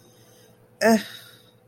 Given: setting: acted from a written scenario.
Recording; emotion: vocal sound without words; guilt